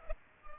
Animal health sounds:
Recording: mosquito wingbeat signal from an infrared sensor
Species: Culex pipiens

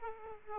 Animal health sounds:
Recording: mosquito wingbeat signal from an infrared sensor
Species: Aedes aegypti

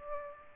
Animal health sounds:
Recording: mosquito wingbeat signal from an infrared sensor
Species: Aedes aegypti

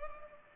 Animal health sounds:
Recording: mosquito wingbeat signal from an infrared sensor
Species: Culex pipiens

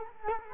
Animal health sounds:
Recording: mosquito wingbeat signal from an infrared sensor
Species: Culex quinquefasciatus

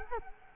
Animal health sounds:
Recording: mosquito wingbeat signal from an infrared sensor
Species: Culex quinquefasciatus

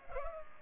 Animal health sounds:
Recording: mosquito wingbeat signal from an infrared sensor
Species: Culex pipiens

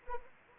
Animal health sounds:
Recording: mosquito wingbeat signal from an infrared sensor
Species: Anopheles arabiensis

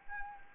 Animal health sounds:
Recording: mosquito wingbeat signal from an infrared sensor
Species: Anopheles arabiensis

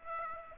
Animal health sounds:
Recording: mosquito wingbeat signal from an infrared sensor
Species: Aedes aegypti

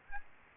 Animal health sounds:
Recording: mosquito wingbeat signal from an infrared sensor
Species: Aedes aegypti

